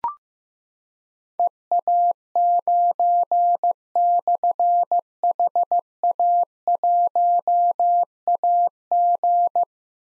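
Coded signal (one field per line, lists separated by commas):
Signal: Morse code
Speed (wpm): 15 wpm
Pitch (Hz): 700 Hz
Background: none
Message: EA9/HA1AG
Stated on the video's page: Morse drill of difficult slashed call signs at 15 wpm, each sent, then spoken, then sent again, for keyboard or pencil copy.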